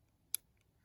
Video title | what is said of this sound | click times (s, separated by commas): Heritage Rough Rider review | So that's the first click. | 0.3 s